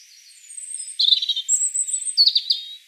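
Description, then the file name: European robin song, a brief phrase of thin high whistles and quick warbled notes with a short trill near the end. "Erithacus rubecula"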